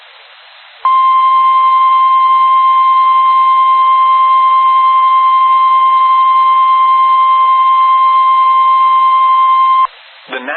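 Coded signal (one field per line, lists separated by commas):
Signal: Emergency Alert System (SAME) tones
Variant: 1050 Hz attention tone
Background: speech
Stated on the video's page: Valid tones.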